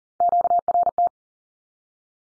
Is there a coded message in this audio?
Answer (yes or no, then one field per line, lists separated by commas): yes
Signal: Morse code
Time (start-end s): 0.2-1.1 s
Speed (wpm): 40 wpm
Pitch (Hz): 700 Hz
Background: none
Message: QRT